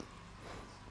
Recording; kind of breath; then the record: one breath in and out by a microphone near the nose and mouth; strong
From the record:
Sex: male